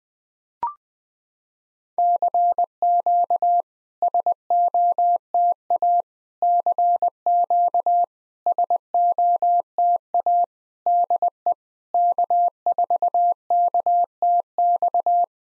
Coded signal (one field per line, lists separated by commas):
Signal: Morse code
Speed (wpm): 20 wpm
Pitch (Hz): 700 Hz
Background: none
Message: CQ SOTA CQ SOTA DE K4KTX